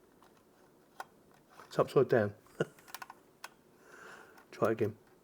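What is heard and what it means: A fiber optic connector is handled at a transceiver module after being found upside down, ready to be reinserted. Someone talks while short, light ticks of handling sound around 1.0, 2.6, 2.9 to 3.1 and 3.5 seconds. Nothing has seated or clicked yet.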